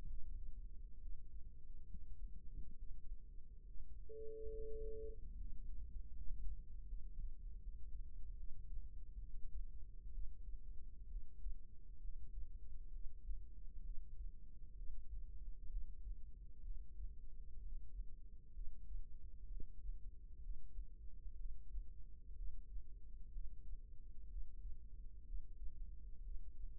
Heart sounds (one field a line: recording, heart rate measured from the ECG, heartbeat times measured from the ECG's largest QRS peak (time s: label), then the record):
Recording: heart sounds by microphone in the right ear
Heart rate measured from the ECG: 66 bpm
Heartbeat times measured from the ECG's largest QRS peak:
0.02 s: heartbeat
0.98 s: heartbeat
1.85 s: heartbeat
2.74 s: heartbeat
3.62 s: heartbeat
4.49 s: heartbeat
5.34 s: heartbeat
6.11 s: heartbeat
6.83 s: heartbeat
7.58 s: heartbeat
8.34 s: heartbeat
9.17 s: heartbeat
10.10 s: heartbeat
11.07 s: heartbeat
11.99 s: heartbeat
12.90 s: heartbeat
13.81 s: heartbeat
14.73 s: heartbeat
15.67 s: heartbeat
16.61 s: heartbeat
17.56 s: heartbeat
18.52 s: heartbeat
19.46 s: heartbeat
20.40 s: heartbeat
21.34 s: heartbeat
22.33 s: heartbeat
23.30 s: heartbeat
24.27 s: heartbeat
25.23 s: heartbeat
26.20 s: heartbeat
From the record:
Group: healthy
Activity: rest 0-3 s, breath hold 3-27 s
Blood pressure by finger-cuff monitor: 135/63 mmHg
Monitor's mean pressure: 84 mmHg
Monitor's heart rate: 65 bpm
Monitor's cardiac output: 6.3 L/min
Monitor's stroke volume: 98 mL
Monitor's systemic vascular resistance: 1000 dyn s/cm5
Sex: female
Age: 37 years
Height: 168 cm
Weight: 70 kg